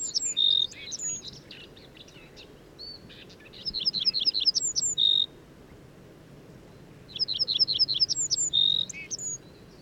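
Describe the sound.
Embe Pusi song in three bursts of rapid high chirps and trills, each phrase ending in a steady whistled note, over a low background hum.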